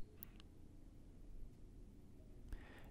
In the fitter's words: until it clicks onto those two buttons